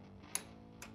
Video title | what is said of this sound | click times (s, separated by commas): Sportster front brake pad swap | that little clunk right there means his torque to spec don't go any further | 0.4 s